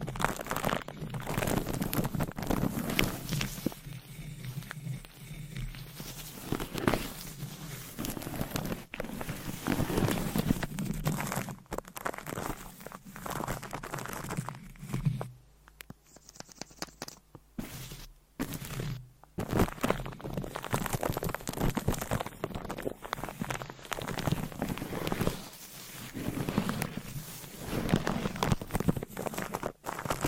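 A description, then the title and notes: Mic scratching and brushing fill most of the clip with dense, rough rubbing and quick tapping strokes over a low, thumpy body. Around the middle it thins to a few sparse taps before the busy scratching and massaging sounds return. Mic Scratching ,Tapping,Brushing & Massage -No Talking.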